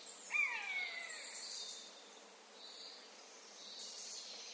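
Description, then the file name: Eurasian jay giving a single loud, falling mew-like call early on, then a steady insect chorus shrilling alone. "Garrulus glandarius"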